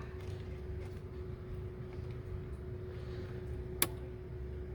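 A wiring harness plug is pushed onto a new mass airflow sensor on a 2003 Mitsubishi Eclipse GTS. A single sharp click sounds at 3.8 s over a steady low hum. Despite the click, the plug is not fully seated.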